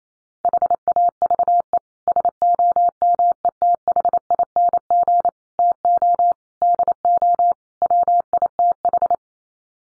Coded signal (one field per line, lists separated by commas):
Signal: Morse code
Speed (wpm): 28 wpm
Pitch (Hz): 700 Hz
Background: none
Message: HAVE SOMETHING TO DO WITH